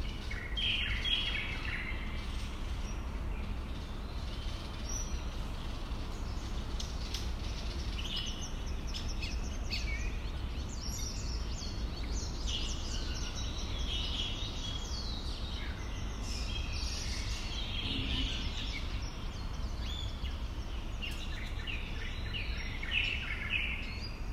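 Neighbourhood birds chirp and tweet through a steady low rumble, with bright calls overlapping almost constantly and denser bursts around twelve and eighteen seconds.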